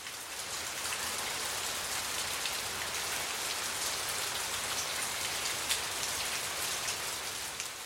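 Steady rain falls without pause, a dense, hissing patter of countless drops striking a surface, bright and even in loudness throughout, with no voices or thunder.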